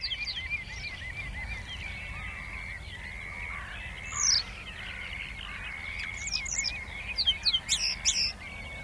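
Common linnet song: soft twittering notes, then a livelier burst of sharp chirps toward the end, over steady background noise.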